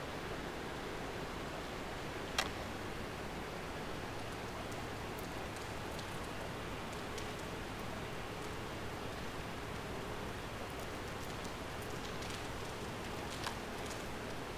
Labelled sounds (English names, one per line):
Atlantic Cod